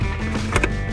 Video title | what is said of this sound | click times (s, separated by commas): How to Change Fuel Filters on a Ford 6.7L Powerstroke | and locks it's got a positive stop on it you'll feel it click in place and | 0.6 s